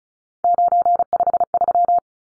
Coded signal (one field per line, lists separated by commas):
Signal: Morse code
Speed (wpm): 34 wpm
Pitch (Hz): 700 Hz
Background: none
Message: 953